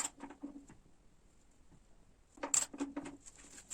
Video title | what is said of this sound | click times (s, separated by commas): Заміна моторної оливи Toyota 08880-83389 на Toyota Corolla Verso, 2.2 Дизель, 2007 | затягуємо з моментом затяжки 38 ном динометричним ключом до щелчка так | 2.5 s